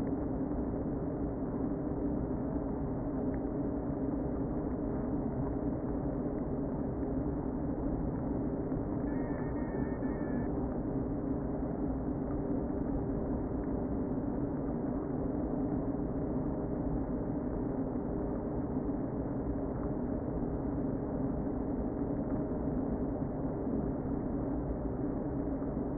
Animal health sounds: honeybee colony, microphone inside the hive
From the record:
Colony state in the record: queen present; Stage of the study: before two queens were removed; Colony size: about 60,000 bees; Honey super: yes

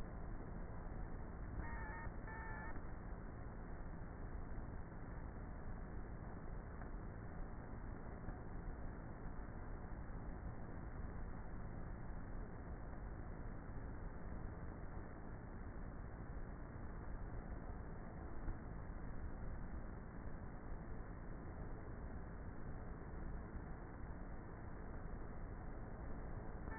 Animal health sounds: honeybee colony, microphone inside the hive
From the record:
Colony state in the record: queenless with a low population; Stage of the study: before two queens were removed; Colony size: about 30,000 bees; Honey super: no

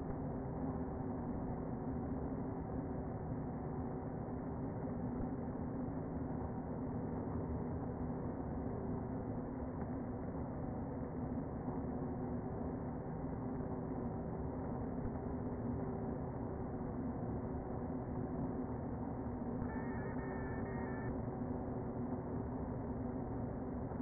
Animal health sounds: honeybee colony, microphone inside the hive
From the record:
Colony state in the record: queen present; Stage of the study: before two queens were removed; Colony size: about 60,000 bees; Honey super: yes

